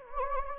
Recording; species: mosquito wingbeat signal from an infrared sensor; Anopheles gambiae